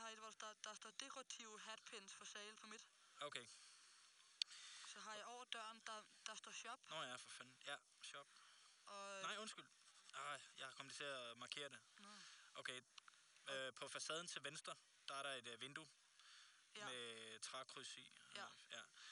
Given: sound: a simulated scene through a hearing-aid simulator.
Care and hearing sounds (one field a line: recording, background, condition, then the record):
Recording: conversation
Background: quiet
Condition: 75 dB SPL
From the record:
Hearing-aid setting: I (fast-acting compression, audibility-based gain)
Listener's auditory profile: A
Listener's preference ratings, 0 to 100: 73, 86, 75